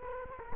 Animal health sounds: mosquito wingbeat signal from an infrared sensor; Culex quinquefasciatus

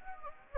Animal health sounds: mosquito wingbeat signal from an infrared sensor; Anopheles gambiae

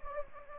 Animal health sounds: mosquito wingbeat signal from an infrared sensor; Anopheles gambiae

